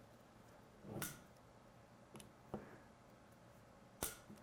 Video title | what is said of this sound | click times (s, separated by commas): VRS Swerve Drive 01: Intro and Module Assembly | until it clicks but I'm going to do it anyway because I like the clicking sound | 1.0 s, 4.0 s